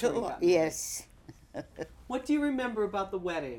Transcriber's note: she laughs